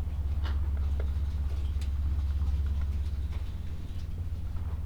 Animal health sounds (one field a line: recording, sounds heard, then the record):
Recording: poultry house recording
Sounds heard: sick chickens (respiratory disease)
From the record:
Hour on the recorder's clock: 13